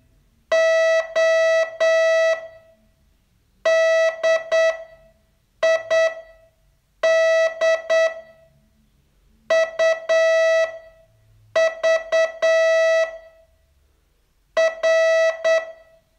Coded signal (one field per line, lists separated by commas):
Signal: Morse code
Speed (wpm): 8 wpm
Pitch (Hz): 650 Hz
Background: music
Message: O D I D U V R